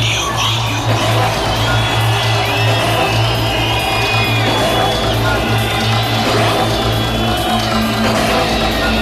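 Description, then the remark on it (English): A crowd of about 4,000 people at an ice rink in Cardiff roars and cheers continuously at a live Essential Mix event with two DJs, shrill whistles rising above the din, over a steady, droning low bass hum. “The Essential Mix live in Cardiff tonight with myself, …, and …, with a glorious crowd out there of about 4,000 people at the ice rink here for the start of one live in Cardiff.”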